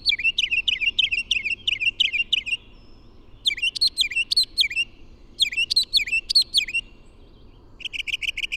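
Bird song of rapid repeated notes at high pitch, delivered in phrases of several identical chirps with short pauses between, then a fast trill at the end.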